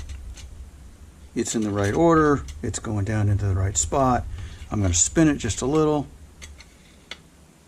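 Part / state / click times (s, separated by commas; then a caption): wheel spoke into motorcycle hub flange / seated / 7.1 s. A replacement steel spoke is put back through the hub flange of a cross-spoked motorcycle rim while someone talks, then spun slightly so its head drops into the correct seat. After a few faint ticks, a short, sharp click at 7.1 seconds marks the spoke head seating into place.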